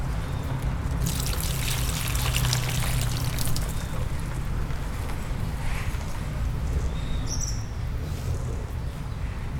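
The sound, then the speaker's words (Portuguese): Water from a bucket pours steadily onto soil in a continuous, rushing splash that is loudest for the first few seconds, then settles into a softer, gurgling trickle. No one speaks. “Vai precisar de mais água.”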